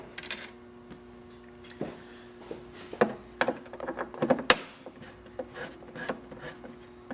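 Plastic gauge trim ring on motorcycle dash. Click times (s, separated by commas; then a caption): 4.5 s. A plastic gauge trim ring on the dash of a Victory Cross Country or Cross Country Tour motorcycle is lined up and pushed back onto its clips. Soft scrapes and small taps lead into a sharp, loud snap at 4.5 seconds as the ring seats, followed by light handling sounds.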